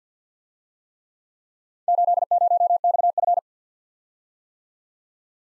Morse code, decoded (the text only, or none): 80XF